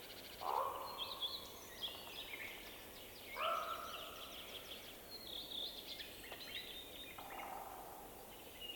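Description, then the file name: Raven giving harsh croaking calls: two strong calls with rich harmonics and a few fainter ones. "Digiffects Sound Effects Library - Raven Calls with Bird Passing"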